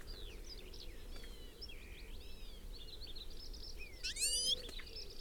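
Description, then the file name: European goldfinch call: a bright, ringing twitter near the end, over steady background whistles and chirps. "Carduelis carduelis"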